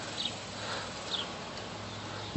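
A plastic oil filler cap is screwed by hand onto the filler neck on the engine valve cover of a 2001 Dodge Ram 1500 truck (1994–2001 generation), being snugged down after refilling the oil. Soft plastic rubbing and light ticks come through over a steady low hum, with a brief knock near the end. The cap has not clicked yet.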